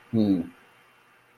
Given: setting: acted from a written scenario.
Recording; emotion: vocal sound without words; neutral